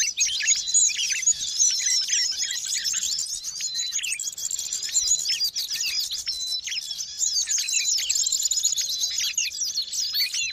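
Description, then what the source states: Birds in a busy twittering chorus, many quick chirps and buzzy trills overlapping steadily throughout. Noisy birds, used as a lure to attract wild birds.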